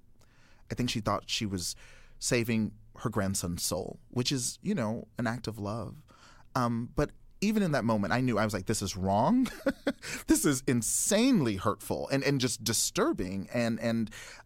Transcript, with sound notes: I think she thought she was saving her grandson's soul, which is, you know, an act of love. But even in that moment, I knew. I was like, this is wrong (laughter). This is insanely hurtful and just disturbing.